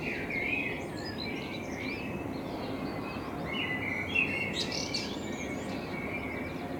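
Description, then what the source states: Common blackbird singing mellow phrases with brief high squeaks, set against broad background rumble. Binaural recording made with a self-built dummy head, in front of the recordist's window; intended for headphone listening.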